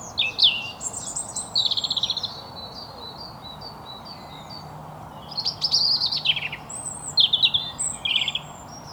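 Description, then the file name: European robin singing two high phrases split by a lull: sliding whistles, fast trills and descending twitters. "Erithacus rubecula"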